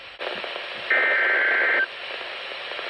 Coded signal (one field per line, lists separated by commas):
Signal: Emergency Alert System (SAME) tones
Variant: header bursts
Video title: Severe T-Storm Watch + Warning | EAS #55-56